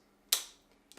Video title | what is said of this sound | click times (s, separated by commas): COMAN KX3232 Aluminum Monopod Review - Best Inexpensive Monopod - HD | the one thing I noticed that I think may be an issue in the future is that the feet they snap into place and lock | 0.3 s